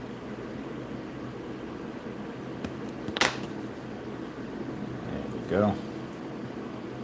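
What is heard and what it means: A second retainer is pressed into a Viper V3s slot car chassis with a retainer setting tool over a steady background hum, and it snaps into place with a sharp click at 3.2 s. Someone then talks briefly, and the retainer is seated.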